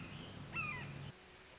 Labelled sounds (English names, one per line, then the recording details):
Red-shouldered Hawk
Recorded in Sonoma County, California